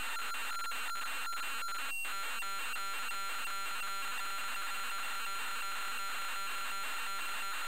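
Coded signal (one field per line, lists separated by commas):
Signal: computer data on cassette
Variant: Amstrad CPC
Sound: harsh buzzing, warbling data screech with rapid rhythmic chopping and a steady whine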